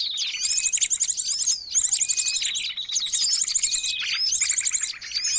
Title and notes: Master Burung Ribut Durasi Panjang. Burung Ribut Pikat